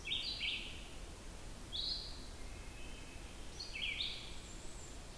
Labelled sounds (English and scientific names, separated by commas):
Red-eyed Vireo (Vireo olivaceus) song